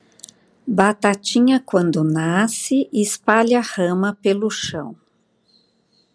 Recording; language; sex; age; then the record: short text; Brazilian Portuguese; female; 60 to 69 years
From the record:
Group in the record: control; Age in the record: 62 years